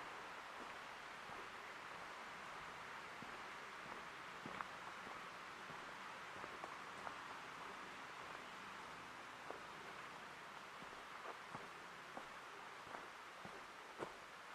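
Forest ambience in an old-growth preserve, filled with a steady, dense hiss like light rain that holds level throughout. Scattered sharp drips and ticks land irregularly over it, growing a little more frequent in the last few seconds.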